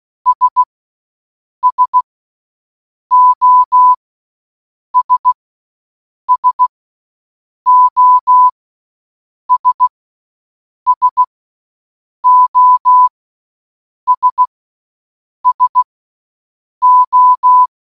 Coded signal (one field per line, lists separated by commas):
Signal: Morse code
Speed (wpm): 16 wpm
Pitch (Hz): 1000 Hz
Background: none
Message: S SOS SOS SOS SO